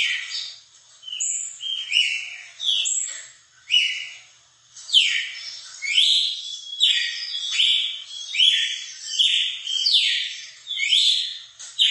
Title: Canto Galo Campina Fêmea. ESQUENTAR SEU GALO CAMPINA CANTO DO GALO DE CAMPINA